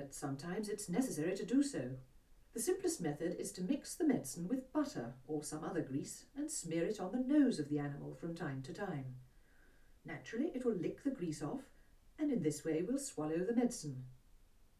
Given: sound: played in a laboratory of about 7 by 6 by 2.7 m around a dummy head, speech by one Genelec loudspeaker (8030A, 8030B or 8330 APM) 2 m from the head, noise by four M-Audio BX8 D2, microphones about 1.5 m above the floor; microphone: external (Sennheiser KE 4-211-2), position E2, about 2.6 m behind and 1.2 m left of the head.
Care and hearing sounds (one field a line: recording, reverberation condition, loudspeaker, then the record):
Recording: female speech in English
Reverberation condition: low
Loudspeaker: in front (0 degrees)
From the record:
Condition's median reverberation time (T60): about 310 ms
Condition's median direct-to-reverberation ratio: about 3.5 dB